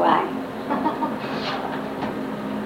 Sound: laughter